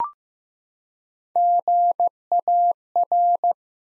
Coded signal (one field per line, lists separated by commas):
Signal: Morse code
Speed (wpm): 15 wpm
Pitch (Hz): 700 Hz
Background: none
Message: GAR